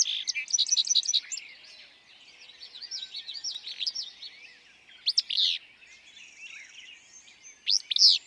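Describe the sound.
Willow flycatcher song, a quick sharp note and burry slur heard twice late on, after a busy stretch of chattering from other songbirds.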